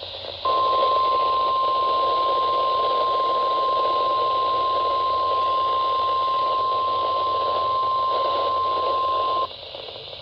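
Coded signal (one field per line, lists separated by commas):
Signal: Emergency Alert System (SAME) tones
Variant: 1050 Hz attention tone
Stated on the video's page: Required weekly tests, including one read with a live voice.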